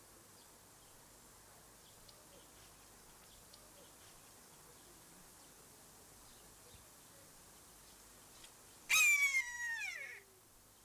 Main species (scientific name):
Buteo buteo